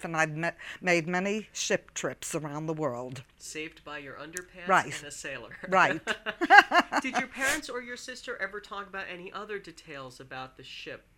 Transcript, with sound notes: And I've made many ship trips around the world.
Saved by your underpants and a sailor.
Right, right. ( she laughs )
Did your parents or your sister ever talk about any other details about the ship?